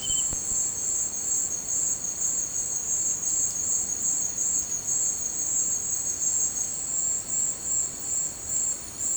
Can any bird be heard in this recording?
no